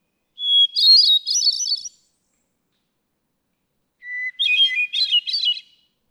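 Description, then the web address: Hermit thrush song in two phrases, each opening with a held whistled tone and breaking into fluty, echoing trills; the second phrase starts noticeably lower. "birdsongforthecurious songs Hermit Thrush"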